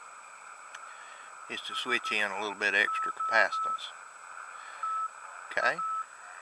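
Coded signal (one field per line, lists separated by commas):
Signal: Morse code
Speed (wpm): 14 wpm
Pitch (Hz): 1300 Hz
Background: speech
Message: SOTA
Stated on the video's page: Field QRP station using an outdoor antenna with no feedline beyond the tuner.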